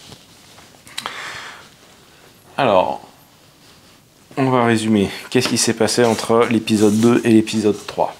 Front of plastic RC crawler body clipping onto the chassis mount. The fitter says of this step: donc en fait mon l'avant se clipse ici